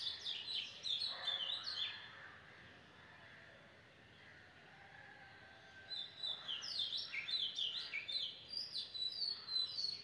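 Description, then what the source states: Bird chorus of bright chirps and twittering trills, a quieter lull of about four seconds in the middle before busy overlapping song returns. Birds singing in the morning.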